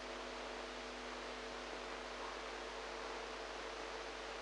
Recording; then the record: brain microelectrode recording played as sound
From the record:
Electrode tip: outside the subthalamic nucleus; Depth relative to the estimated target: 2 mm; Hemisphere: right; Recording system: NeuroSet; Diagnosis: Parkinson's disease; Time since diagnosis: 8 years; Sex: female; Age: 45 years